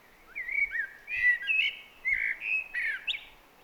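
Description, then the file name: Eurasian blackbird giving a continuous string of mellow whistled notes, swooping up and down in pitch, with soft low thumps in the background. "Turdus merula"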